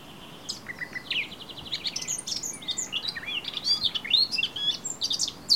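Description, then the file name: Eurasian blackcap song, a soft, rapid chattering warble of varied scratchy and whistled notes running on steadily throughout. "Sylvia atricapilla"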